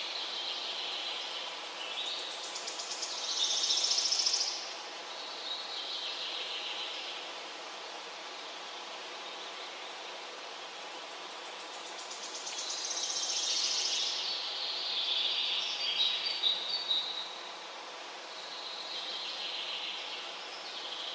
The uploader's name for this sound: the waterfall and the birds singing